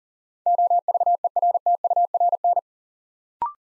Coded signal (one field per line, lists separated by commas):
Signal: Morse code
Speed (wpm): 38 wpm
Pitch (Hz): 700 Hz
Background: none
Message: OVERTURN